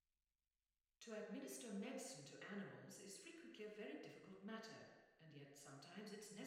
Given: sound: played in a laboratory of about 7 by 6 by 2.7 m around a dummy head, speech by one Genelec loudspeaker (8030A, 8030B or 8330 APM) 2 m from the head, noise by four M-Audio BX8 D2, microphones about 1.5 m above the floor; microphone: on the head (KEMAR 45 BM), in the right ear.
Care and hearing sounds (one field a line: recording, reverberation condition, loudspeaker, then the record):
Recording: female speech in English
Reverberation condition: high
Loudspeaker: in front (0 degrees)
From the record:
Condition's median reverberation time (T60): about 1300 ms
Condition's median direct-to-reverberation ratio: about -4.0 dB